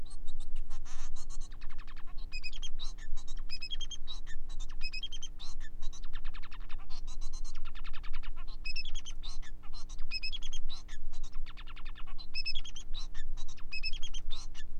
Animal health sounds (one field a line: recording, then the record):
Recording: song of a male Bengalese finch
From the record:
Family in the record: son of father 4